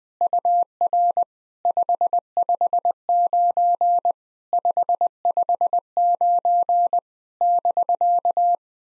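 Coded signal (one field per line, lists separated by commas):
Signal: Morse code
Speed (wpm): 21 wpm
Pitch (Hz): 700 Hz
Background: none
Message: UR 559 559 <BK>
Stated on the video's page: Simulated POTA exchanges sent in Morse at 20 wpm as practice.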